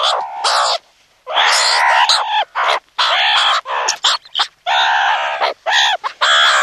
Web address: meerkat